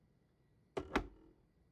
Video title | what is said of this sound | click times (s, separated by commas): Fixing the Towers | That's a satisfying click. | 0.8 s, 1.0 s